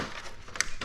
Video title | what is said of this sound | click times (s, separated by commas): Installing the Dynamic Grille Lights onto the 2023 Ranger OEM Grille | into place so click it all the way along | 0.6 s